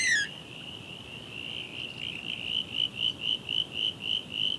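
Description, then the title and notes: Frog calling: a short falling note opens, then a high thin trill that breaks into quick regular pulses about four per second, over a steady rushing background. Frogs' dusk chorus at a local swamp on Phillip Island, starting up for the night after the last birds of the day; recorded spring 2021. "The dusk chorus at our local swamp on Phillip Island. Starts with the last birds of the day before the frogs start up for the night. Recorded in Spring 2021."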